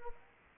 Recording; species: mosquito wingbeat signal from an infrared sensor; Aedes aegypti